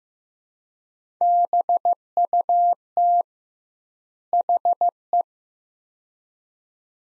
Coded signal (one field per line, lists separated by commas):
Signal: Morse code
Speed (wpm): 15 wpm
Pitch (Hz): 700 Hz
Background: none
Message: BUT HE